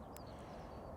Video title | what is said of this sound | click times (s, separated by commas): Day 2 - Barbel Fishing - River Trent Species Hunt - Predator & Coarse Fishing | Click into place. | 0.2 s